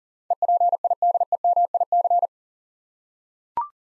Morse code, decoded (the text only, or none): EPIDEMIC